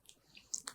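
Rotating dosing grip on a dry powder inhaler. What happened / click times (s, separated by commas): The rotating plastic grip clicked into its detent / 0.5 s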